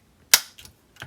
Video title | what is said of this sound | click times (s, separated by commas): Transformers Review: Ocular Max PS-16 Volatus // P4L Reviews | tab out and you want to pull it all the way down and you'll hear it click into place | 0.3 s